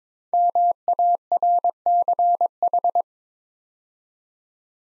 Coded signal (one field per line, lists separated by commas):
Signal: Morse code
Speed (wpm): 22 wpm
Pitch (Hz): 700 Hz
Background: none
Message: MARCH